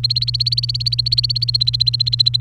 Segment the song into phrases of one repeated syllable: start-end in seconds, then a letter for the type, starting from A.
0.00-2.36 A, 2.40-2.41 B